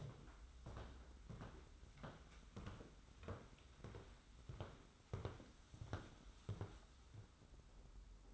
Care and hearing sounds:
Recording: daily activity, microphone in the room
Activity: walk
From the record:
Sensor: 3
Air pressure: 991.6 hPa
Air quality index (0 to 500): 181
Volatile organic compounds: 1000 ppm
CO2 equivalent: 6040 ppm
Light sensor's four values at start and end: 38/109/44/38 and 35/96/39/33

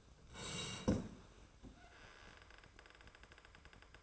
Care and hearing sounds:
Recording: daily activity, microphone in the room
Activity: sit down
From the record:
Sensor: 2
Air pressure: 1005.0 hPa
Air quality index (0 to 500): 101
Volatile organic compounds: 2 ppm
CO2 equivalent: 1230 ppm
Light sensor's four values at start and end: 8/18/7/7 and 7/18/7/7

